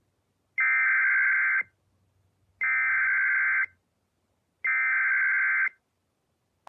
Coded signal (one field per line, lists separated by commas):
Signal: Emergency Alert System (SAME) tones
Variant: header bursts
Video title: EAS Flash Flood Warning #5 3/15/25 (Credit Goes To @SouthernPennsylvaniaWX & @KanawhaCountyWX)